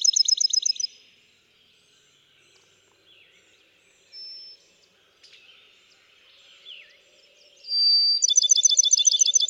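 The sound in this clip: Bachman's sparrow song: a rapid high trill, then two thin sustained whistles at different pitches, followed by another fast trill at the end.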